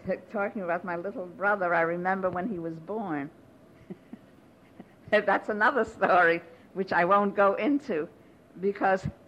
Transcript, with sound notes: talking about my little brother, I remember when he was born. (she laughs) That's another story which I won't go into because